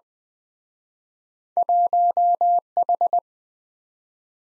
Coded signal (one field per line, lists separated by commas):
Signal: Morse code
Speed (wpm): 22 wpm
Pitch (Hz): 700 Hz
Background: none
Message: 1H